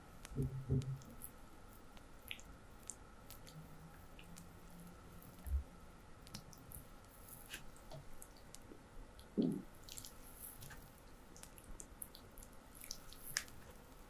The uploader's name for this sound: Feet massage with oil